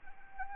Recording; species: mosquito wingbeat signal from an infrared sensor; Anopheles arabiensis